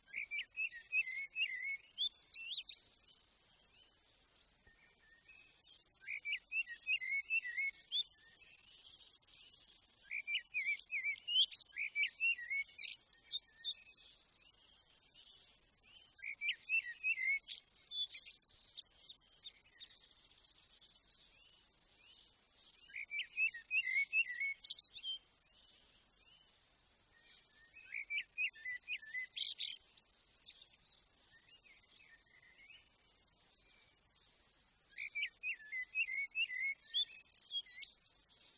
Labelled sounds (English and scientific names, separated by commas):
Common Blackbird (Turdus merula) song